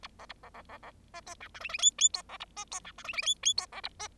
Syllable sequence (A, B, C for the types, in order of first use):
A B A B B B B C D E F G G H H D B A C D E F G G H H D B A C